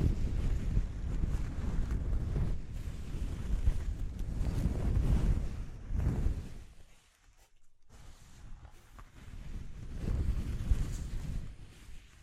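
ASMR texture exploration, heard as a heavy, blustery low rumble like rubbing or wind against the microphone, surging in waves around the 2, 5 and 10 second marks. Near seven seconds it thins out and briefly drops to near silence before building again.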